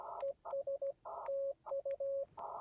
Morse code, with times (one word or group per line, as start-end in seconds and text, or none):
0.2-0.9 ES
1.3-2.2 TU